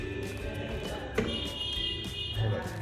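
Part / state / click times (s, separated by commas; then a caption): BNC cable connector into DVR video input socket / seated / 1.2 s. A BNC cable connector is pushed onto one of the BNC sockets on the back of a 4-channel DVR and its metal bayonet collar is twisted until it locks. A single short, sharp click at 1.2 s stands out over a steady music-like background. The connector is seated and locked onto the DVR video input.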